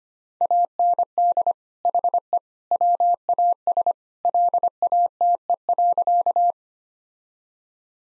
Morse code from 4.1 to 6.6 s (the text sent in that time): LATE.